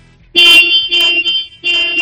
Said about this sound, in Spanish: Dale tres veces a ese claxon, David, a ver cómo suena.